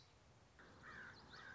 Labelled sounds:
Common Yellowthroat (Geothlypis trichas)
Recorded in Sonoma County, California

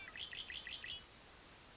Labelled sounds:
Red-winged Blackbird (Agelaius phoeniceus)
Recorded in Sonoma County, California

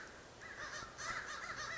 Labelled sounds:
American Crow (Corvus brachyrhynchos)
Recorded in Sonoma County, California

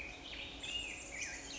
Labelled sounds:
Black-headed Grosbeak (Pheucticus melanocephalus)
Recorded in Sonoma County, California

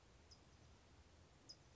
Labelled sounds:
California Towhee (Melozone crissalis)
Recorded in Sonoma County, California

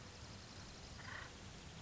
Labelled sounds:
Acorn Woodpecker (Melanerpes formicivorus)
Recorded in Sonoma County, California

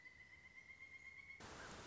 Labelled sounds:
Pileated Woodpecker (Dryocopus pileatus)
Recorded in Sonoma County, California

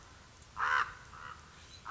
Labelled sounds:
Common Raven (Corvus corax)
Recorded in Sonoma County, California

